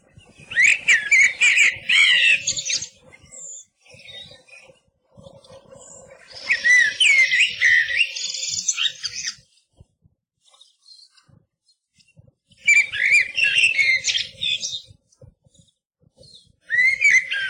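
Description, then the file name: Eurasian blackbird delivering three warbled, whistled phrases with twittering high ends and the start of a fourth, spaced by pauses of a few seconds, over a faint steady hum and low rumble. "MERLO"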